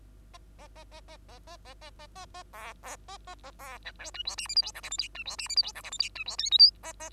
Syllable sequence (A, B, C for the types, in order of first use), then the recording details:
A A A A A A A A A A A A B B A A A B C D E F G H I J K L M N E F G H I J K L M N E F O P Q A A. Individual Bird2